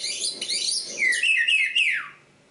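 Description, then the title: Oriental magpie-robin phrase: a scratchy chatter, then clear whistles ending in a long downward slurred note. Kacer Poci, national champion competition bird; singing gacor, with nembak and ngerol; seven kinds of kacer sound every three minutes. "Kacer Poci Gacor Nembak Dan Ngerol Juara Nasional. 7 macam suara kacer setiap 3 menit"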